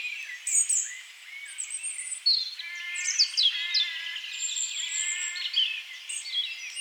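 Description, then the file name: European robin song, high thin warbled phrases and sliding whistles, overlapped by a repeated nasal, harmonic call from another bird. "Erithacus rubecula"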